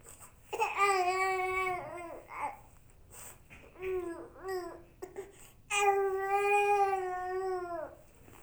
Baby Cry.